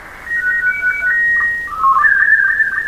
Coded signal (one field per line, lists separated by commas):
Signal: SSTV (slow-scan television)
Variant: Scottie 2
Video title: SSTV and an interactive video.